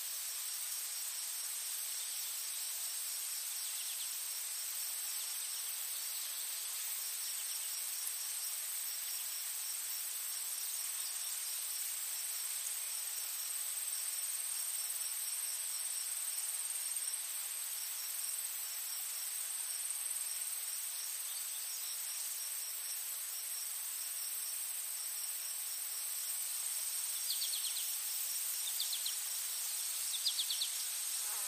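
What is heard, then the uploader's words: A forest ambience dominated by a steady, dense, high-pitched insect drone that holds constant for the whole half minute, with a thin airy hiss beneath it and no low sounds at all. A few short bright chirps break through near the end. Forest.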